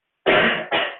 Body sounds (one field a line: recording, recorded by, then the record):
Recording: voluntary cough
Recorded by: messaging app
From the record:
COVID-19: negative